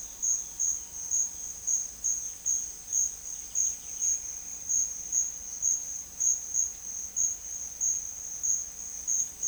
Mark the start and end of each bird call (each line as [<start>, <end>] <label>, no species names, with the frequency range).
[0.00, 4.64] bird call (1.7-5.0 kHz)